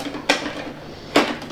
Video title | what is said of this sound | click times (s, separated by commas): Storing Your Keurig? Remove The Water First (Here's Why) | to push it down, and you should hear it snap. I'm assuming, so yep, there you go. | 0.3 s